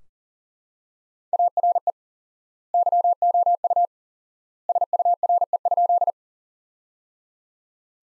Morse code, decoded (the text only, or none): ARE YOU SURE?